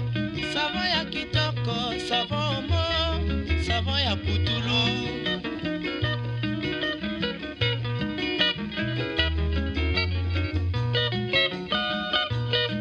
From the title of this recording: Congolese Rumba and Tropical Birdsong